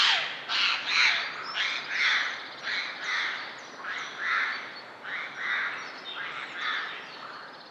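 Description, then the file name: Eurasian jay giving harsh, rasping screeches in a rapid series, about one per second, fading slightly toward the end. "Garrulus glandarius"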